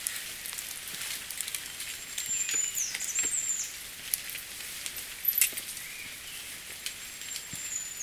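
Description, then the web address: Goldcrest song: very high, thin sweeping notes in faint bursts over a steady hiss of background noise. "bird song kikuitadaki"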